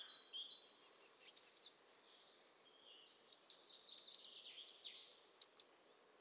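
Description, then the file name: Eurasian blue tit calls: a few soft high notes and a brief loud chirpy burst, then a rapid series of bright, descending two-part notes. "Cyanistes caeruleus"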